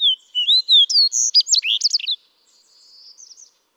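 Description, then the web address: Fox Sparrow singing a bright, varied phrase of slurred whistles and quick warbled notes, followed by a soft, thin trailing sequence. "birdsongforthecurious songs Fox Sparrow"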